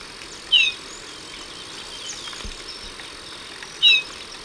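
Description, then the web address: Golden-rumped euphonia call: two short, clear, high whistled notes sliding downward, a few seconds apart, over a steady faint hiss. Ecuador. "Natures Songs S America Birds of Ecuador. Golden-Rumped Euphonia"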